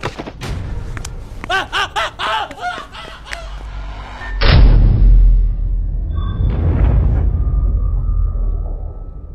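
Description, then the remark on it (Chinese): After a few wavering, tonal cries, the heavy main door of a workshop at the closed-down Huamei Textile Factory slams shut with one sudden, loud, deep boom, followed by a low rumbling resonance that lingers for several seconds. “他拼尽全力想逃出去的时候，大门砰的闭合。”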